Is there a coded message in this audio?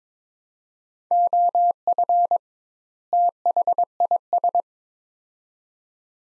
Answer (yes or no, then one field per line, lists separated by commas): yes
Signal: Morse code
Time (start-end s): 1.1-4.6 s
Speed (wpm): 22 wpm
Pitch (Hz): 700 Hz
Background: none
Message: OF THIS